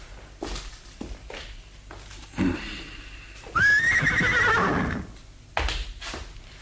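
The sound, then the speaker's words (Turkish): Hooves clop in a slow, uneven series of dull thuds, then a horse lets out one loud, drawn-out whinny that wavers high and slides downward before more hoofbeats follow. “Atlar hazır baba.”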